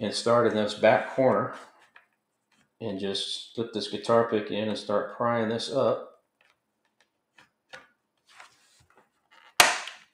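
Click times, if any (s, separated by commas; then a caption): 9.6 s. A guitar pick is flipped into the back corner seam of the plastic bottom cover on a Lenovo Ideapad 3 laptop to pry it up during a hard drive replacement. Someone talks for the first six seconds, then faint prying ticks follow. A plastic retaining clip lets go with a sharp snap at 9.6 s, and the cover pops open.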